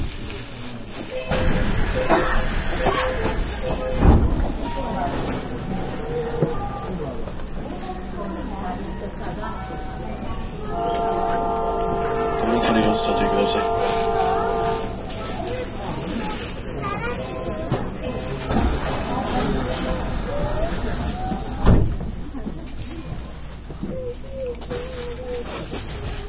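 Steady rumble and hiss ride through the inside of a Nankai 8300 series airport express train, with voices murmuring throughout. From about 11 to 15 seconds a set of steady tones rises above the noise, and sharp knocks stand out near 4 and 21 seconds.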